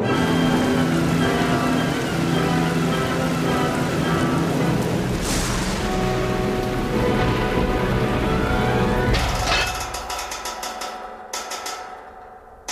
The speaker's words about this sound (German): Und dann kommt der Regen. Also, so kann man das nicht sagen. Der Himmel fällt vom Himmel, sozusagen, in Flächen. Darum schiebt es ja die Luft so brutal über die Felder. Regenflächen. Wie Bettlaken.